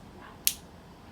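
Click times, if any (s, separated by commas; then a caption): 0.5 s. An implant-retained overdenture is pressed by hand onto four implant attachments on the palate of a demonstration dental model. A single sharp, bright snap is heard at 0.5 s, standing out clearly over a quiet background. The denture seats firmly onto the attachments and is held in place, very stable and hard to remove.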